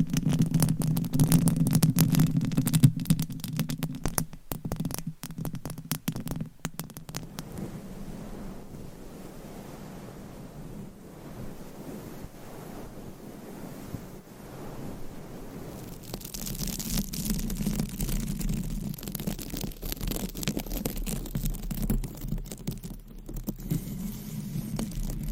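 Mic scratching against covers, a dense rustling scrape with a low rumble, loud early, softer midway, then building again after sixteen seconds.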